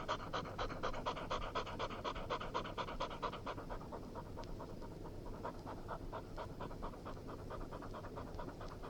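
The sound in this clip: English springer spaniel panting quickly and rhythmically, fading slightly midway then resuming, with a steady low hum beneath.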